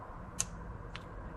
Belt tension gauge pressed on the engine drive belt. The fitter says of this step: hear it click, then